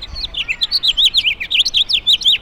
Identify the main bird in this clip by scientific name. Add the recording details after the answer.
Haemorhous mexicanus. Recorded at Oakdale on Long Island, New York, on 18 June 2013. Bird B